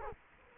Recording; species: mosquito wingbeat signal from an infrared sensor; Culex quinquefasciatus